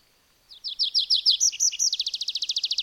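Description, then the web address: A bird sings high repeated notes, then looping slurred chirps, then breaks into a quick, steady trill. "madarak enek"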